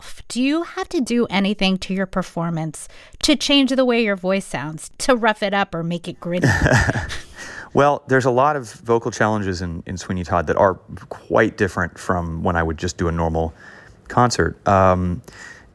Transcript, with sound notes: Do you have to do anything to your performance to change the way your voice sounds, to rough it up or make it gritty?
(Laughter) Well, there's a lot of vocal challenges in "Sweeney Todd" that are quite different from when I would just do a normal concert.